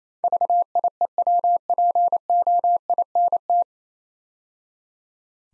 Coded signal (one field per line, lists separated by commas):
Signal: Morse code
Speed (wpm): 28 wpm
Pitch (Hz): 700 Hz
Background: none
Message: VIEWPOINT